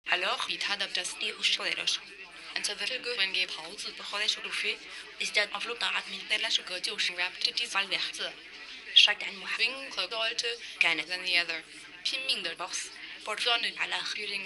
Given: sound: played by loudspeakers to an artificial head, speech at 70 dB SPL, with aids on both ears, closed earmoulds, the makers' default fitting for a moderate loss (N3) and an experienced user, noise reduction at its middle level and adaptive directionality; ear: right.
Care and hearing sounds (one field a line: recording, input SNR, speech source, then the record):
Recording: speech test signal (ISTS) in cocktail-party noise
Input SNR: +6 dB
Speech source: in front (0 degrees)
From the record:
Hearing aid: class 2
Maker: B